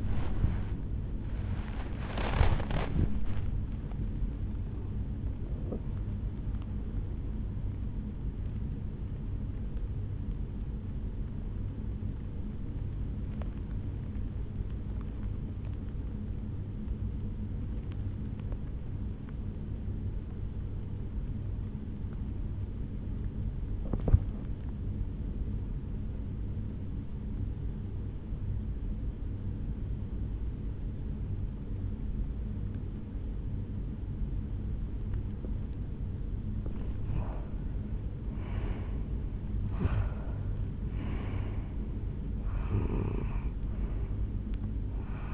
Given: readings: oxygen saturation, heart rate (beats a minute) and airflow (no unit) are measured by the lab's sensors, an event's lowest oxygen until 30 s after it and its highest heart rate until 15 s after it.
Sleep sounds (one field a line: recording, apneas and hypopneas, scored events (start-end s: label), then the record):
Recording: breathing in sleep by a smartphone at the bedside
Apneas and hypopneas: 1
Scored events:
18.00-37.70 s: obstructive apnea (N1, oxygen 97% highest, then 87% lowest, heart rate 63 at the start, 73 highest)
From the record:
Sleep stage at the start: N1 (lightest sleep)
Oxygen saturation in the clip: 86 to 97%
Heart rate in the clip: 63 to 76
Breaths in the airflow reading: 5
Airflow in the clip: -9.3 to 5.5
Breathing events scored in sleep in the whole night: 449 in 7.0 hours asleep